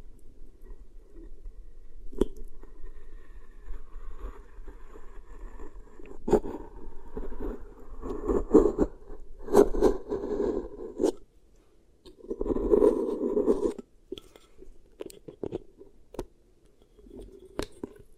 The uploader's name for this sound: Beeswax Ear Triggers